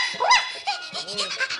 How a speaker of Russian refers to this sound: Что такое? Что такое? И это называется, а? Будущая охотничья собака. Да. Идет, а за версту слышно. Ты бы не мог, щенок, потише приближаться? Твои гав-гав действуют на нас, гав-гав угнетающие.